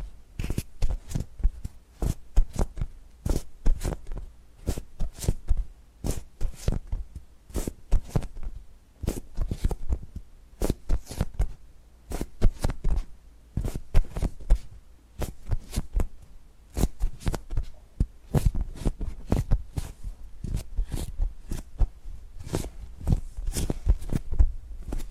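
Tapping and gripping sounds fill the whole stretch: quick, crisp taps arrive in irregular bursts, several per second, with brief pauses between clusters. Between the taps run softer rubbing and gripping noises, and a faint low hum sits underneath throughout.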